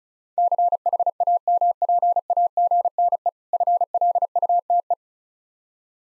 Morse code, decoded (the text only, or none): CHAMPAGNE FLUTE